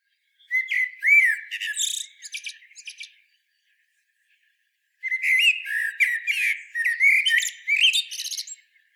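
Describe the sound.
Eurasian blackbird delivering two fluty, warbled song phrases, each dissolving into shrill squeaky twitters, with a silent gap of about two seconds between.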